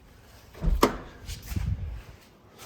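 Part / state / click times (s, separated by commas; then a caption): rear hatch latch on a car hatchback / released / 0.8 s. On a 1998 Eagle Talon TSi AWD hatchback, the old car's rear hatch release is pulled a second time after failing to open on the first try. A low rumble builds, then the rear hatch latch pops open with a sharp clunk at 0.8 s. Softer thuds and rattles follow from about 1.3 to 2.0 s, and the hatch is released.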